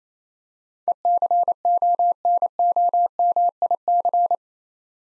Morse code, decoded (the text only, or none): ECONOMIC